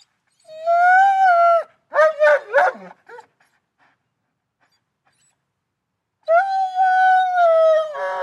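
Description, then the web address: German Shepherd dog whining in a long, steady tone, then giving three quick barks, a silent pause, and another drawn-out whine. "Big Room Sound Dog German Shepherd Whines Barks"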